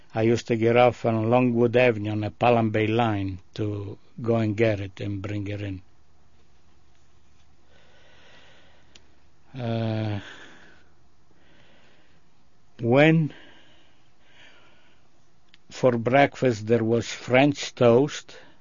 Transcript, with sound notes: I used to get off on Longwood Avenue on the Pelham Bay line to go and get it and bring it in. (he pauses) When, for breakfast there was french toast.